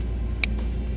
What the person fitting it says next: you want to hear that little click that'll be secure